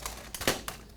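A patient wearing a silicone liner with a 3-ply sock steps into a prosthetic socket, and the liner's locking pin ratchets into the shuttle lock. A rapid series of sharp clicks is heard at 0.1, 0.4, 0.5 and 0.7 seconds. The pin seats, but the clicks still come fast, which means the fit is still too loose.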